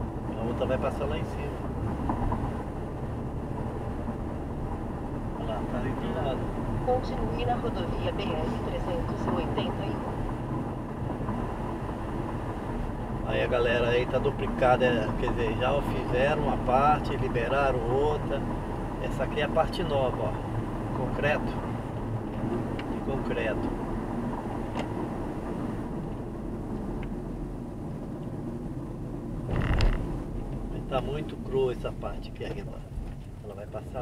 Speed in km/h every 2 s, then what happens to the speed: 80, 83, 85, 87, 89, 90, 90, 88, 88, 87, 87, 80, 62, 56, 48, 24, 27.
0-7 speeds up to 89. 7-20 steady at about 88. 20-30 brakes to 24.